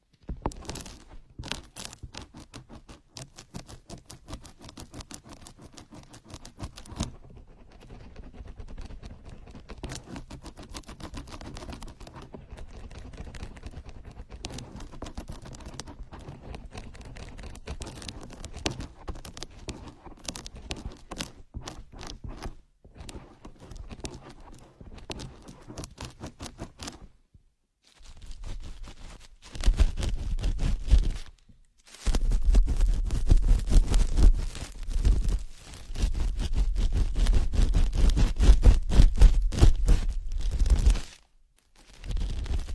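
Ear picking, with a dense run of small scratching and crackling clicks that patter on without pause for most of the clip. After a brief gap near 28 seconds the sound turns louder and heavier, with low rubbing thumps in bursts, pausing around 31 and 41 seconds.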